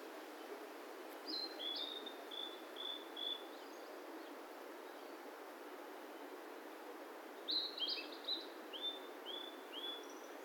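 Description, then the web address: Bird calls in two bursts: a run of short, high downslurred chirps, then a pause of several seconds, then another chirping series over faint background noise. "yacho koe"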